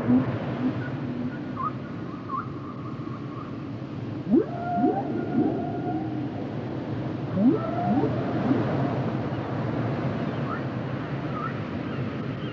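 Whale song with short chirps and held tones, then quick steep upsweeps in pairs, repeated twice, over constant low underwater noise.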